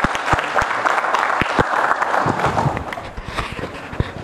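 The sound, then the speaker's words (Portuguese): Steady audience applause from many hands clapping at once, a dense crackling wash with a few sharper individual claps standing out, holding fairly loud throughout before easing slightly toward the end. “Mais uma vez, uma salve de palmas.”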